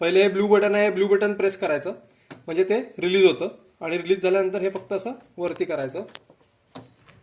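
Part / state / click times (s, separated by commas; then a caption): printhead carriage latch on an ink tank printer / seated / 6.8 s. On an HP Smart Tank 750 ink tank printer, someone talks while pressing the blue release button and then lifting the plastic latch/cover on the printhead carriage. A short click at 6.8 s marks the latch stopping and locking in its open position, where it will not move further.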